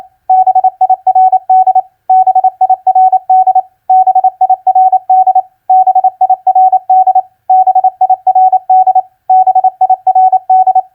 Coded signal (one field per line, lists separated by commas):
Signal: Morse code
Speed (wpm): 28 wpm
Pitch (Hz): 750 Hz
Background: none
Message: BIRD BIRD BIRD BIRD BIRD BIRD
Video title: Morse Code Practice Word Recognition FISH-BIRD-BUCK 28wpm Repeated